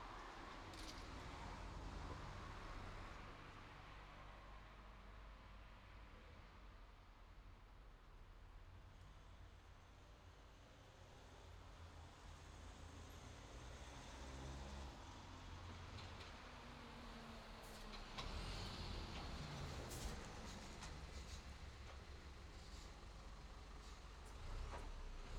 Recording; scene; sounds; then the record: everyday scene through a hearing-aid microphone; in traffic; traffic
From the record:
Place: city secondary road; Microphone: in the ear canal, left